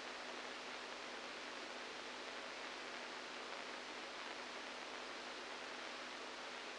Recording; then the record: brain microelectrode recording played as sound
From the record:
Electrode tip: outside the subthalamic nucleus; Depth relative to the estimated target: -6 mm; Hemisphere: right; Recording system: NeuroSet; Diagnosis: Parkinson's disease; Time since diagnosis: 7 years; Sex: male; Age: 69 years